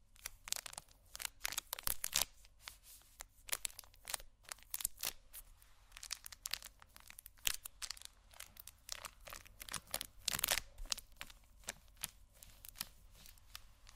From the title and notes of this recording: ASMR Rummaging Through My Makeup Bag （No Talking）.